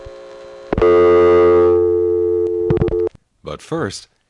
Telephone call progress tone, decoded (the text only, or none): dial tone